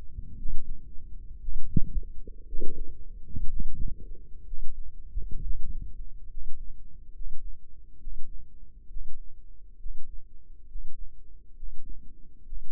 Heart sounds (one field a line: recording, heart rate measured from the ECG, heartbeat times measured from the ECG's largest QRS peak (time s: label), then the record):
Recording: heart sounds by microphone in the left ear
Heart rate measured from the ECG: 65 bpm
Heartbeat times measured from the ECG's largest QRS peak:
0.37 s: heartbeat
1.40 s: heartbeat
2.46 s: heartbeat
3.48 s: heartbeat
4.45 s: heartbeat
5.42 s: heartbeat
6.28 s: heartbeat
7.12 s: heartbeat
7.98 s: heartbeat
8.88 s: heartbeat
9.77 s: heartbeat
10.66 s: heartbeat
11.54 s: heartbeat
12.44 s: heartbeat
From the record:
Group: healthy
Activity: rest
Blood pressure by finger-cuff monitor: 142/83 mmHg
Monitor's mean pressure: 97 mmHg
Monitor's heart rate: 63 bpm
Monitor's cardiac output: 5.9 L/min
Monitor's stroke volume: 95 mL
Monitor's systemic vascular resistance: 1210 dyn s/cm5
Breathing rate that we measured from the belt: 16 breaths a minute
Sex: male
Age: 35 years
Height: 180 cm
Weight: 86.9 kg